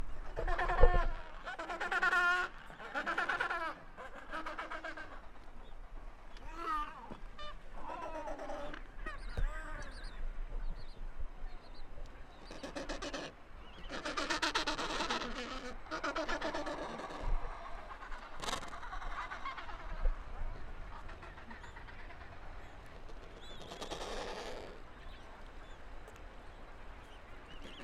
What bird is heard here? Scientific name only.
Pygoscelis papua